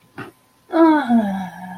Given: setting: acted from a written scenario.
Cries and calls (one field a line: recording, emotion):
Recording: vocal sound without words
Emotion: serenity